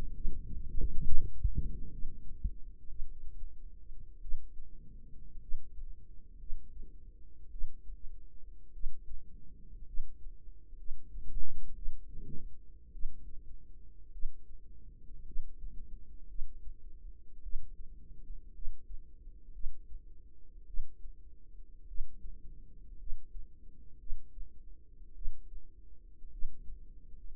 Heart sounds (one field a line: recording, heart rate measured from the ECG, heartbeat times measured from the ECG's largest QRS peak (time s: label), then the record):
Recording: heart sounds by microphone in the right ear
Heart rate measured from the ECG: 55 bpm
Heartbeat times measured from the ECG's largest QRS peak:
0.14 s: heartbeat
1.06 s: heartbeat
1.91 s: heartbeat
2.88 s: heartbeat
4.20 s: heartbeat
5.40 s: heartbeat
6.38 s: heartbeat
7.50 s: heartbeat
8.72 s: heartbeat
9.85 s: heartbeat
10.76 s: heartbeat
11.74 s: heartbeat
12.91 s: heartbeat
14.11 s: heartbeat
15.24 s: heartbeat
16.27 s: heartbeat
17.41 s: heartbeat
18.52 s: heartbeat
19.52 s: heartbeat
20.65 s: heartbeat
21.86 s: heartbeat
22.97 s: heartbeat
23.98 s: heartbeat
25.13 s: heartbeat
26.30 s: heartbeat
27.34 s: heartbeat
From the record:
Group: healthy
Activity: rest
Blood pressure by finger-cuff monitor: 88/60 mmHg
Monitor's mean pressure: 69 mmHg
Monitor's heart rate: 53 bpm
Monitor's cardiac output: 4.2 L/min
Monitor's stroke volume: 76 mL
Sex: female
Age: 36 years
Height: 163 cm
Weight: 88 kg